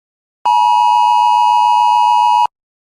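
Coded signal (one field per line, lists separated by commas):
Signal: Emergency Alert System (SAME) tones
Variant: 853 and 960 Hz attention tone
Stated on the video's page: Fictional World War 3 EAS scenario, not meant to be realistic, using real valid EAS tones.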